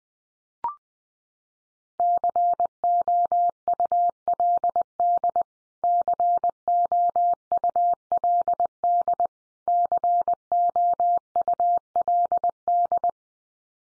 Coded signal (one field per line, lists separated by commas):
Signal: Morse code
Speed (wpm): 20 wpm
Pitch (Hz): 700 Hz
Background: none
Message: COULD COULD COULD